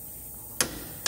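A click-type torque wrench set to 80 lb-ft tightens the upper brake caliper bracket bolt. Over quiet background, a sharp bright click at 0.6 s shows the wrench reaching its setting, followed by a second, slightly softer click at 1.1 s. The bolt is torqued to spec.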